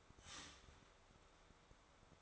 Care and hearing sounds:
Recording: daily activity, microphone in the room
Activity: start toaster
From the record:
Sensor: 3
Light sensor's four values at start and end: 4/11/4/4 and 4/11/4/4

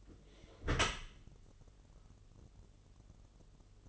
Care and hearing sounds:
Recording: daily activity, microphone in the room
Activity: close dishwasher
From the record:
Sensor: 4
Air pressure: 1015.8 hPa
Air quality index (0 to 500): 112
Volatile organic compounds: 2 ppm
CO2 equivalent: 1259 ppm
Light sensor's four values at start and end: 8/18/7/7 and 8/18/7/7

